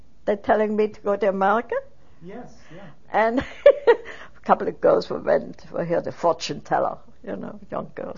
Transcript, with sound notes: them telling me to go to America?
Yes, Yes.
And (she laughs) a couple of girls, we went to hear a fortune teller, you know, young girls.